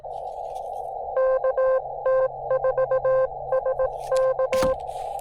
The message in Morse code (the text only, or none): KT4SK